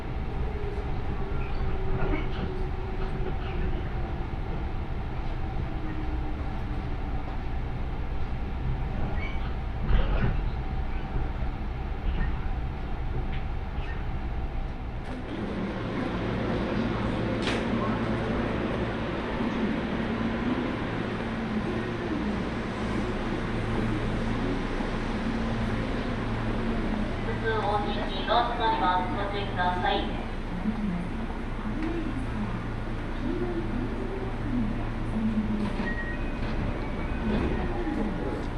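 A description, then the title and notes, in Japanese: A ride on a JR Osaka Loop Line train, with a steady low rumble of the car running throughout. At about fifteen seconds the sound turns brighter and busier, and near the end a warbling tone and a voice-like announcement rise over the rolling wheels. 耳で楽しむ鉄道旅 ＪＲ難波→新今宮→京橋→鴫野。大阪環状線の内回り電車に乗り換えて京橋に向かいます。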